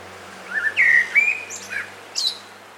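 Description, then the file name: Common blackbird song phrase: a few low, fluty warbled notes, then a thin, high squeaky flourish at the end, over a faint low hum. "Turdus merula"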